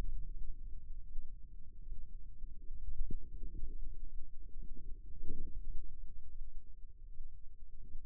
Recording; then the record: forearm muscle sounds (acoustic myography)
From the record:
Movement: radial deviation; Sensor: system 2, bracelet of six BSWA MPA416 microphones around the upper forearm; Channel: 5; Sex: female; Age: 25 years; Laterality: right